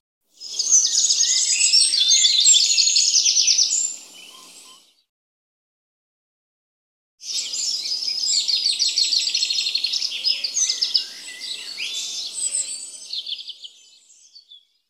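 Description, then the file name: Bird chirping: dense, high twittering chirps in two bursts, the second longer, split by a few seconds of silence. "Pet Rock Birds"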